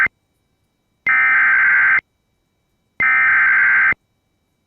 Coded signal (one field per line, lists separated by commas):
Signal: Emergency Alert System (SAME) tones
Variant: header bursts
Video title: SVR Double Header! (EAS #27-28)